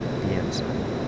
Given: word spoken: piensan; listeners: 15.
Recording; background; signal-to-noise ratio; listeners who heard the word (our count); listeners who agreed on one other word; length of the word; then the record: one Spanish word in noise, from a listening test; speech-shaped noise; -4.7 dB; 2 of 15; 10 of 15; 0.68 s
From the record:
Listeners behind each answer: 10, 2, 2, 1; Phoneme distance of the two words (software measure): 7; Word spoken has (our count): 2 syllables, 7 phonemes, stress on syllable 1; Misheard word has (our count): 2 syllables, 6 phonemes, stress on syllable 1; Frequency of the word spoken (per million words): 22.54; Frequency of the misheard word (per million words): 69.63